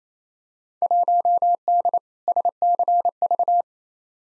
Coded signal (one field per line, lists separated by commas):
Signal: Morse code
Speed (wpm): 28 wpm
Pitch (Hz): 700 Hz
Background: none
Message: 1D SCV